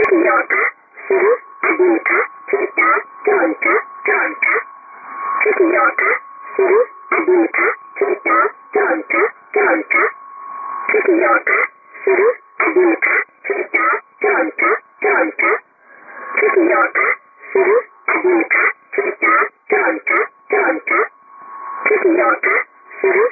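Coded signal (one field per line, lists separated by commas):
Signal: numbers station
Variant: S11a Cherta, Russian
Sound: short, evenly spaced spoken words in a clipped radio voice, with a faint steady tone underneath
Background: faint steady tone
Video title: 27 11 2017 Numbers station S11a Cherta in Russian to Eu 1015 on 11559 unknown tx site in USB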